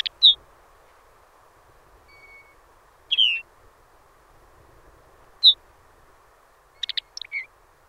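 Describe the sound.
Lapland longspur calls: brief, high, downslurred chirps in scattered single notes and a short rattled cluster near the end, over a steady low hum.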